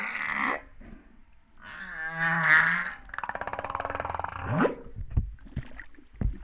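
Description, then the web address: Humpback whale vocalizing: a brief harmonic note, a smooth moan, then a pulsed buzzing unit ending in an upsweep, with faint clicks after. Recorded off Réunion on 13 September 2011, about 08:35. "autres sons cetaces BB Reunion 13-09-2011"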